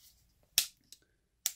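The safety selector lever on a carbine receiver is flipped back and forth, giving two sharp, very positive clicks at 0.6 s and 1.5 s as it seats into position, with a fainter tick at 0.9 s between them. No one talks.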